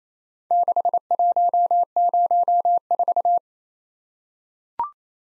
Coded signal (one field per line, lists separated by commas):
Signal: Morse code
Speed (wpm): 29 wpm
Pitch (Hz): 700 Hz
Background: none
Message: 6104